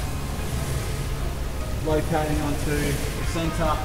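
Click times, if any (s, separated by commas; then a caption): none. A curved awning rafter is picked up and lined up toward the center fitting of a caravan porch frame, ahead of locking. Someone talks over a steady low background rumble, and nothing has seated or clicked yet.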